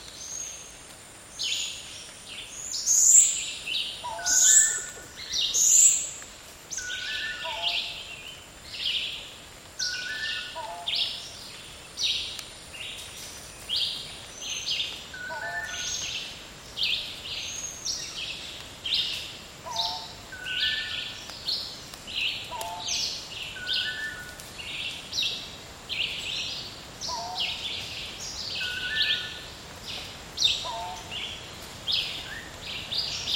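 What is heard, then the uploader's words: Birds call in a dry jungle: short whistled notes repeat every few seconds, low and clear, while brighter chirps and twitters keep overlapping above them. A few sharp, high calls stand out near the start, and a faint steady hiss runs underneath throughout. Dry Jungle Nosara. A rufous-and-white wren with his beautiful call, long tailed manakins with others in a dry jungle. Habitat: dry jungle VoxType: midday. Recorder: SD 702 Mics: Sennheiser mkh 40/30. Microphone pattern: MS stereo.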